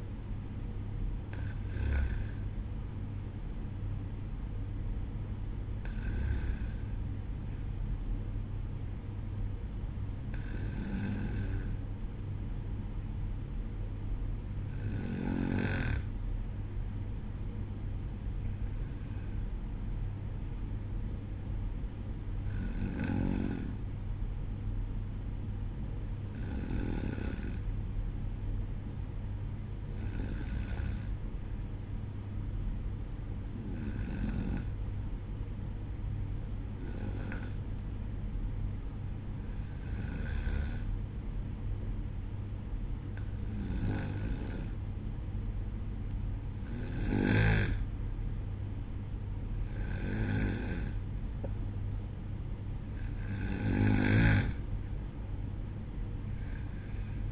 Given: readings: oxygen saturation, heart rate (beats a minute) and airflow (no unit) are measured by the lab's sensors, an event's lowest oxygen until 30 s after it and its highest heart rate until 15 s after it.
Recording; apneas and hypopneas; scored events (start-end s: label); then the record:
breathing in sleep by a smartphone at the bedside; 1
12.00-37.80 s: hypopnea (N1, oxygen 96% highest, then 93% lowest, heart rate 63 at the start, 66 highest)
From the record:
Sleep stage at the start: N1 (lightest sleep); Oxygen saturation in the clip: 93 to 96%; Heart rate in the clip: 62 to 66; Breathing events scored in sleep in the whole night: 305 in 9.6 hours asleep